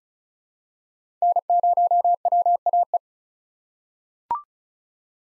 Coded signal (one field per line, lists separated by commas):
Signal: Morse code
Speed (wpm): 36 wpm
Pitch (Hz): 700 Hz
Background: none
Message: N0WAE